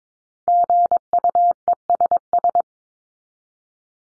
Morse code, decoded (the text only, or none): GUESS